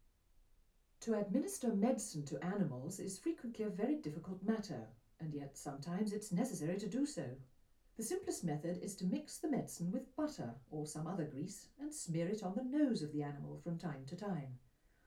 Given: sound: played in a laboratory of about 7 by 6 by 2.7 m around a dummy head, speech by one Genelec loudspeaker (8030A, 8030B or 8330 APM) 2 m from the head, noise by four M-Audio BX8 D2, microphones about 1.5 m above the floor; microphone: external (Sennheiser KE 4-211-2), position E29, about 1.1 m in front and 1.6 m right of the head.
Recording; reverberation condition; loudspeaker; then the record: female speech in English; low; 30 degrees to the left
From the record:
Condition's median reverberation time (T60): about 310 ms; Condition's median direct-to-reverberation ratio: about 3.5 dB